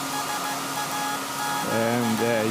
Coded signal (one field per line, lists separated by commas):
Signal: Morse code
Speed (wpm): 15 wpm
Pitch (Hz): 840 Hz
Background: speech, music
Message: SAQ